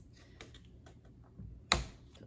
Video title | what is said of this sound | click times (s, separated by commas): Dish Drying Rack by TOOLF | pops right in like this | 1.7 s